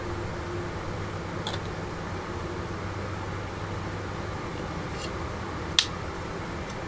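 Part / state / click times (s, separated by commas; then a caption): plastic interior tub into a scale model car body / seated / 5.8 s. A plastic interior tub for a 1/24 scale Revell Audi R8 Spyder model kit is pressed into the car body over a steady low hum, with a faint tick at about 1.5 s. A single sharp click sounds at 5.8 s as the tub, which had not been lined up, seats into place and is now lined up.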